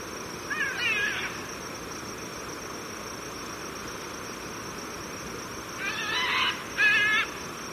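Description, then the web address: Military macaw giving three separate harsh, raucous squawks, one early and two close together near the end, over a faint continuous high whine. Recorded in Ecuador. "Birds of Ecuador. Military Macaw"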